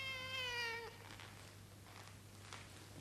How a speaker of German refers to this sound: In der Werkstatt lief gerade keine Maschine. Es war so still, dass man deutlich ein Miauen hörte.